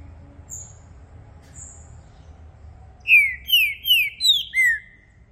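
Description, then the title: Green-winged saltator song, a phrase of five downslurred whistled notes after a few thin high single notes. Captive bird's song used to warm up and provoke another bird into singing and challenging during a singing contest; varied song types; intended to open up its song. "ESQUENTAR Seu TRINCA Piando, Cantando E Macheando Na DISPUTA. Trinca Ferro VALENTE! VIRANDO VARIOS TIPOS DE CANTOS!! ABRIR O CANTO!!"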